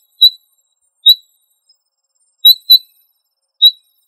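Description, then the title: Quail giving sharp, high chirps, single notes spaced about a second apart with one quick pair, against a completely quiet background. "Familia Tinamidae - Quail - Puyuh"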